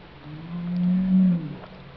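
Whale call: a low, steady moan holding one pitch, swelling and then fading.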